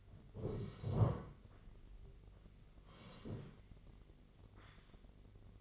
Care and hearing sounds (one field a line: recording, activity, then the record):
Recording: daily activity, microphone in the room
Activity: sit down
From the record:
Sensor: 4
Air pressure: 1013.2 hPa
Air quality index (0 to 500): 176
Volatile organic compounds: 2 ppm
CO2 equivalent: 1115 ppm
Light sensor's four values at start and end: 48/118/49/53 and 47/117/49/53